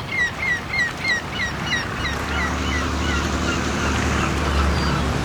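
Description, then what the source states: Gull yelping calls in a quick repeated series for about two seconds, then softer calls over low rumbling engine noise. Seagulls at a dock with fishing boats.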